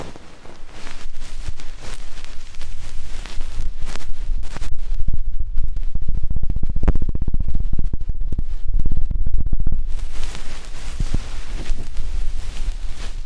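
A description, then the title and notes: Deep ear cleaning makes a dense, steady rumbling scrape with rapid crackly clicks, muffled and low between about 4 and 10 seconds, brighter before and after. ASMR INTENSE Deep Ear Cleaning (No Talking).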